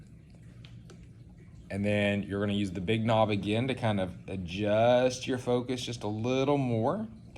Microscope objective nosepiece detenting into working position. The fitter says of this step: nose piece clockwise so it's going to click into place over here